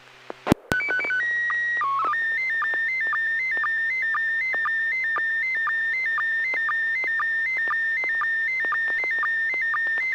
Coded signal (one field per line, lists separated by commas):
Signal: SSTV (slow-scan television)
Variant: PD 120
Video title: N6NA SSTV Net - 06/08/2022